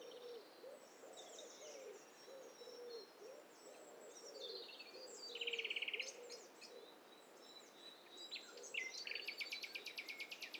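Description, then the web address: Several birds calling at once: high chirps and whistles, a buzzy trill midway and a rapid pulsed trill near the end, over a lower wavering warble. Several overlapping birds in stereo, from a bird cocktail party challenge test set. "Hi Fi STEREO BIRD COCKTAIL PARTY Challenge SBCP TESTSET"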